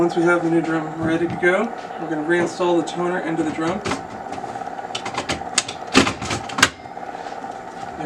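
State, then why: Seated. Someone talks while a toner cartridge is pushed into a new plastic DR600 drum unit for a Brother HL-6050 laser printer, with a steady low hum underneath. Sharp clicks at 5.6 s and 6.6 s mark the cartridge latching, and it is seated in the drum.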